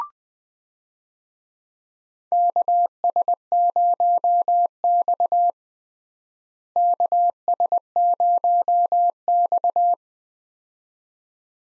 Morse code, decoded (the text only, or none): KS0X KS0X